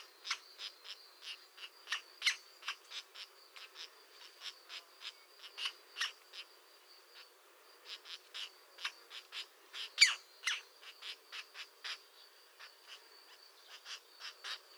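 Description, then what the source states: European green woodpecker: a steady stream of short, dry clicking notes, with one sharper, louder note after the middle. A pair active at the nest.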